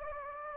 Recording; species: mosquito wingbeat signal from an infrared sensor; Anopheles gambiae